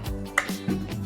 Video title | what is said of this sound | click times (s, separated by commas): Jio AirFiber & Jio Fiber price and Installation Full Detailed Video In Tamil - Jio Fiber vs AirFiber | lock ஆயிடுச்சு இப்ப வந்து நம்ம இதுல எதுவுமே பண்ண தேவையில்லை | 0.4 s